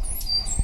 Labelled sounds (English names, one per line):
Stitchbird song